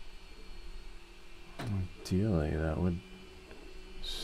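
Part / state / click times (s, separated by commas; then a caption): 3D-printed figure body part into torso socket / not seated / none. A 3D-printed PETG body part of an articulated figure is pressed into its mating torso socket while someone talks, with brief sharp sounds near 1.6 s and 3.5 s. Nothing has snapped in or clicked yet; the part fails to seat.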